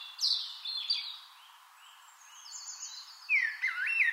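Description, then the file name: Eurasian blackbird: high thin chirps and trills, then a short mellow fluted phrase near the end, over a steady background hiss. "Turdus merula"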